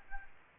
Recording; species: mosquito wingbeat signal from an infrared sensor; Aedes albopictus